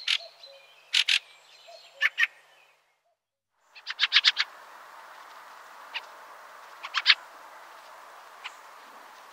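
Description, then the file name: Fieldfare calls: dry, harsh chacking notes, singly and in pairs, then a quick run of five chacks, followed by scattered single and paired notes. "Grive litorne"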